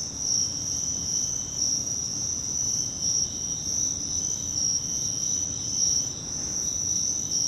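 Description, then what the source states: Crickets in a steady, unbroken shrill chorus, many insects trilling together at a high pitch, with a soft low background hum throughout. Crickets, more than one, in Virginia.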